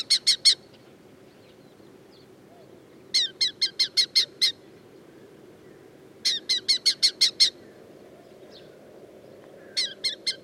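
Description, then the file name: Red-footed falcon calling in bursts of several sharp, high, scratchy notes, separated by pauses of a few seconds, over steady low background noise. "aftonfalk"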